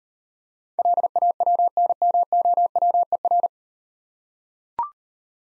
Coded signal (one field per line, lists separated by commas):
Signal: Morse code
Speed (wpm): 36 wpm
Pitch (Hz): 700 Hz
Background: none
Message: LAWNMOWER